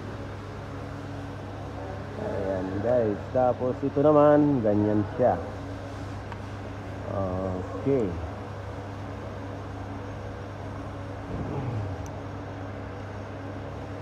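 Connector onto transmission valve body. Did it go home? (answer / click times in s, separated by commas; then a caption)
no / none. A part, probably an electrical connector, is handled on a transmission valve body during the valve body reinstall for a P0842 transmission fluid pressure sensor/switch "A" circuit fault. Someone talks over a steady mechanical hum, and a brief sharp sound occurs near 6.3 s. Nothing has seated or clicked yet.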